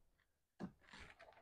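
A small plastic retaining clip on the wiring of a Ford Bronco amber and smoked style grille light is pressed onto a hose in the engine bay and snaps into place at 0.6 s with a sharp click. A few quieter rustling ticks follow, and the clip is confirmed seated.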